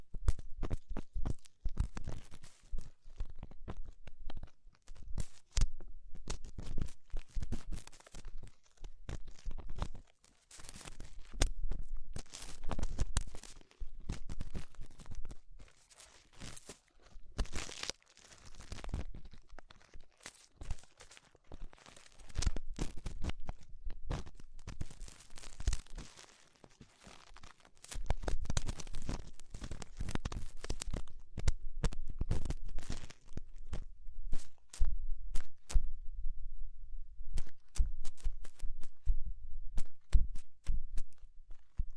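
Dense crackling and crinkling sounds, like fingers rubbing and tapping over a microphone, fill the clip in quick irregular bursts. The scratchy textures rise and fall in intensity, with a busier, louder stretch around the half-minute mark before easing off.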